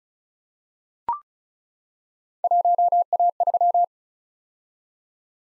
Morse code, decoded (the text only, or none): 1A3